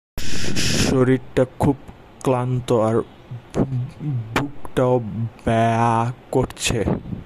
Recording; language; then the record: elicited speech; Bengali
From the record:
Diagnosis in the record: Broca's or global aphasia after a stroke